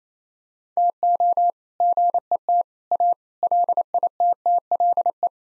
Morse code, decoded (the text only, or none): TO GET A LITTLE